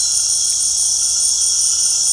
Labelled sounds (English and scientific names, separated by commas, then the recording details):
none
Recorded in secondary vegetation near Puerto Asís, Putumayo, Colombia, on 21 February 2024 at 19:00
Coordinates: 0.489, -76.322
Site G6419